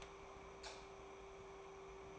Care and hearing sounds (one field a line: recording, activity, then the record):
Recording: daily activity, microphone in the room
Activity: light off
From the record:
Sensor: 1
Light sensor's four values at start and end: 56/150/61/77 and 54/140/57/73